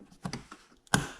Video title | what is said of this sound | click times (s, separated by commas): GRAND CHEROKEE WINDOW REGULATOR REPLACEMENT | hear it click that's in place | 0.9 s